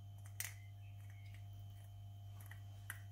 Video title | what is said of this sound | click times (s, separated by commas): TUTO - jauge à essence qui délire - HD vrod | On clipse à la main, ça va très bien. | 0.4 s, 2.9 s